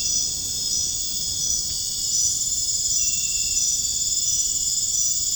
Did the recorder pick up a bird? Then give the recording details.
no. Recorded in dense forest near Puerto Asís, Putumayo, Colombia, on 29 June 2025 at 01:00. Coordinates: 0.481, -76.323. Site G072